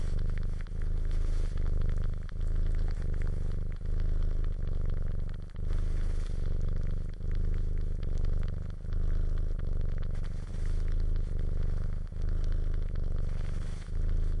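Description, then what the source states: Cat purring in a rhythmic rumble that fades briefly about every one and a half seconds, with soft crackling suckling sounds layered above. Cat purring while suckling.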